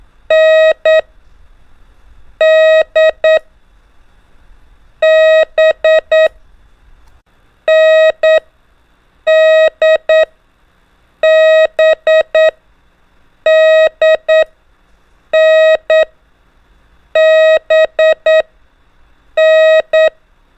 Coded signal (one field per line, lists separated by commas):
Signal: Morse code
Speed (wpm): 9 wpm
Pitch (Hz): 630 Hz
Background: none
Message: N D B N D B D N B N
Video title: 4. ( N - D - B ) EASY TO LEARN MORSE CODE BY GROUPINGS W/ INCREASING SPEED 5 MINS A DAY